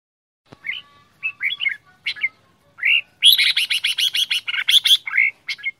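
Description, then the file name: Red-whiskered bulbul song: a few separate whistled, slurred notes, then a rapid run of many repeated notes, and a final whistled phrase. Quảng Ngãi, Vietnam; 'che dao' singing style, described as frantic. "tieng chao mao quang ngai che dao giong dien cuong"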